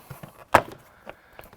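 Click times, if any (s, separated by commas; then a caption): 0.6 s. A plastic interior door trim panel, held on by push-in clips, is pried off a Jeep door. A sharp, loud pop at 0.55 s marks a clip releasing from the door. Softer knocks and rattles come before and after it.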